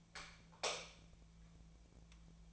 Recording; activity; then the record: daily activity, microphone in the room; light off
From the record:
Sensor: 1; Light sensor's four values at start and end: 37/99/40/48 and 33/84/35/43